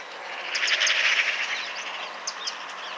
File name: Pica pica